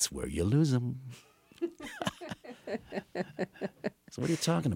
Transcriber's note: laughter